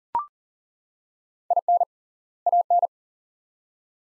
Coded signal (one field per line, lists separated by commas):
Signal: Morse code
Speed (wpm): 40 wpm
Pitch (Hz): 700 Hz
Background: none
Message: IN AN